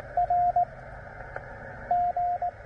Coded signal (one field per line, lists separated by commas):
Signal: Morse code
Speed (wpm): 17 wpm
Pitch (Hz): 700 Hz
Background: radio noise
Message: R G